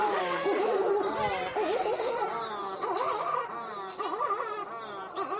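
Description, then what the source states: Buller's shearwater chorus: many overlapping wavering, wailing calls in a dense, continuous mass of sound. Many birds calling at about 3:30 in the morning on Aorangi, Poor Knights Islands, New Zealand, hidden among boulder-field rocks where they have their burrows; breeding colony.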